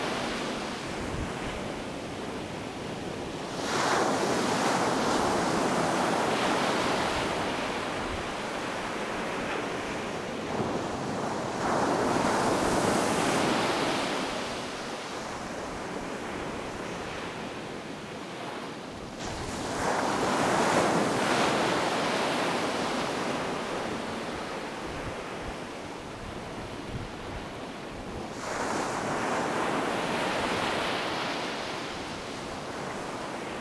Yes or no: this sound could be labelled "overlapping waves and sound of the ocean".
yes